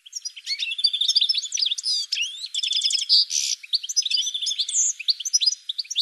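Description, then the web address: Bird pouring out rapid twitters and trills, including a fast series of repeated notes and a short buzzy rasp midway. "cianscape birddata"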